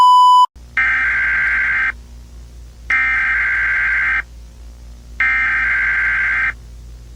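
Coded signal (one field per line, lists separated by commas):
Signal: Emergency Alert System (SAME) tones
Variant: header bursts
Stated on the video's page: Simulated EAS tones in a fictional Godzilla attack scenario.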